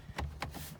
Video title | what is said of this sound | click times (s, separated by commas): JKU Carsoll Android radio installation | you hit nice little click permanent yep they're going into the spot they need to | 0.2 s, 0.4 s